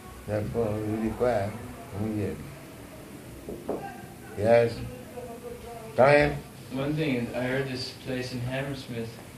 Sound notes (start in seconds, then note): 3.4 knock at door; 3.7 female voice in background